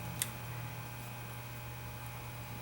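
A homemade Allen (hex) socket, turned against a sealant-coated bolt in the pump housing of a Troybuilt pressure washer, slips and strips out with one sharp metallic snap at 0.2 s. After that there is only a steady low hum. The socket is stripped.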